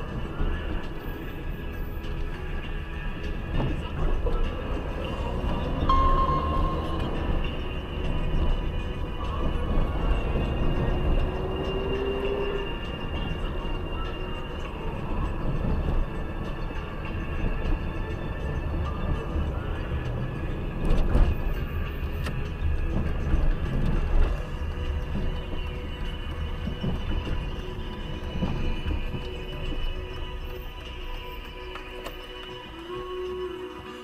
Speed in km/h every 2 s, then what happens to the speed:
30, 18, 18, 26, 31, 38, 41, 38, 37, 35, 33, 23, 21, 18, 16, 10, 2.
0-2 brakes to 18. 4-12 speeds up to 41. 12-31 slows to 2.